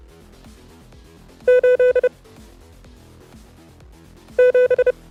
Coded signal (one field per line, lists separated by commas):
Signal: Morse code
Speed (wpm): 30 wpm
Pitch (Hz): 500 Hz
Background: music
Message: 8 7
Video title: LEARN MORSE CODE USING CW DECODER